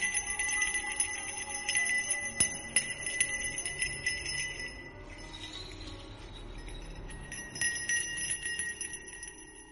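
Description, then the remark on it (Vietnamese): A small bell is slowly shaken, giving a continuous bright jingling with sharp ringing strikes and sustained high metallic tones, fairly loud and steady, with a shift in pitch midway. No one speaks. “Âm thanh của cái chuông được thằng Toàn từ từ lắc lên leng ca leng keng.”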